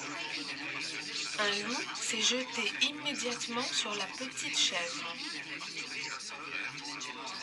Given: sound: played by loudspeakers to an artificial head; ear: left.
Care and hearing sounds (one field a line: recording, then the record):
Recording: speech in noise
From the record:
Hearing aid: class 1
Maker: E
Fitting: closed earmoulds, the maker's default for a moderate loss (N3)